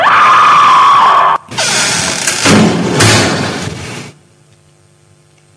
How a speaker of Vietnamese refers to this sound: Để chiến thắng bản thân, cô đã lấy hết can đảm mở toang cánh cửa phòng thực nghiệm giải phẫu.